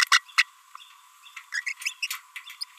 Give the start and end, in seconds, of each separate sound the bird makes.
0.38-0.44, 1.53-1.61, 1.67-1.73, 1.81-1.92, 2.02-2.17, 2.61-2.64